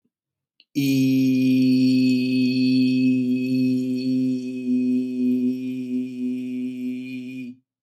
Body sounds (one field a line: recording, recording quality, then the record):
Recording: sustained vowel as in beet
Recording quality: excellent, no background noise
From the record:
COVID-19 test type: RT-PCR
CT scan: not taken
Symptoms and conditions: cough, cold, breathing difficulty, sore throat, loss of smell and taste, asthma, hypertension, diabetes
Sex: male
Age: 23 years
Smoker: no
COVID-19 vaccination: both doses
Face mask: not worn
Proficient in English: yes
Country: India